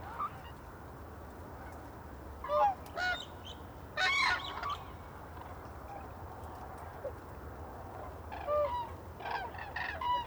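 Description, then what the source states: Common crane calls: loud trumpeting bursts rich in harmonics arriving in scattered clusters, with quieter calls between them. Cranes waking at their roost on Lac du Der, Marne, recorded from a dike on 6 January 2019; young cranes whistle beside their parents; Nomad Zaxcom recorder, two MKH8040 microphones.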